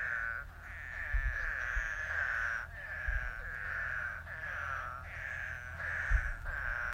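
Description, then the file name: Eastern spadefoot chorus, overlapping nasal groaning notes, with occasional low thumps underneath. Recorded on 19 May 2018. "mark schilling eastern spadefoot schilling"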